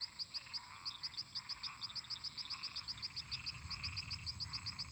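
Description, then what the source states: Frog chorus: many high, rapid clicking notes repeated in quick series, over layered lower croaking and a constant high hiss. Many toads and frogs calling in a marsh.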